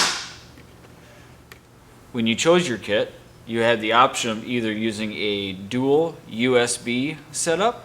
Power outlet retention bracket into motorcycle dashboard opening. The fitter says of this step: it only goes in one way and you'll know it's seated firmly when you hear it snap in